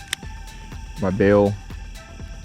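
The metal bail arm on a spinning fishing reel is popped open, giving one sharp snap at 0.1 s as the bail flips open and releases. Someone then talks briefly over a faint steady background of insect-like chirping.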